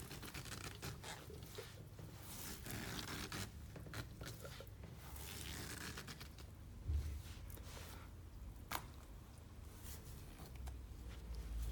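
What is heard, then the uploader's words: A barbershop scene with beard cutting and massage, full of soft rustling, scraping and brushing strokes that come in uneven bursts throughout. A low rumble runs underneath, with a sharper knock near seven seconds and a brief bright click near nine. Men's shave & Turkish massage.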